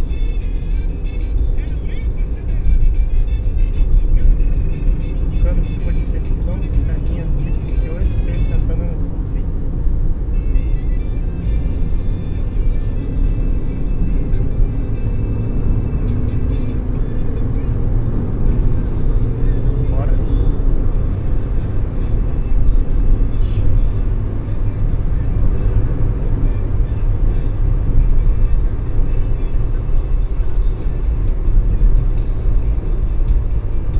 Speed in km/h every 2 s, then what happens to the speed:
65, 69, 69, 68, 69, 69, 77, 84, 91, 97, 99, 103, 105, 103, 102, 99, 95.
0-10 steady at about 69. 10-23 speeds up to 105. 23-34 slows to 95.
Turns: none.